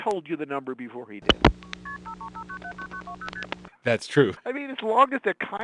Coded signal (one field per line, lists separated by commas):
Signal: multi-frequency trunk signalling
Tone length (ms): 80 ms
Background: speech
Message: KP535979920ST